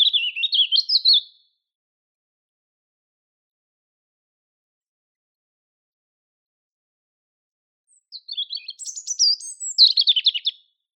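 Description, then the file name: European robin singing two separate high warbling phrases, a brief one at the start and a longer, trilling one after a pause of several seconds. "Erithacus rubecula"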